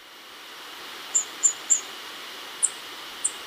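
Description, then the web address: Yellow-faced grassquit giving thin, very high, sharp single notes: three spaced about a third of a second apart, then two more after pauses, over soft background hiss. Recorded in Ecuador. "Birds of Ecuador. Yellow-faced Grassquit"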